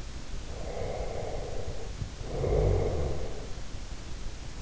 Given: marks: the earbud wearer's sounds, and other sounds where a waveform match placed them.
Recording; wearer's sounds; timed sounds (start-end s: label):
sounds in sleep by an in-ear microphone; breath
0.56-3.68 s: breath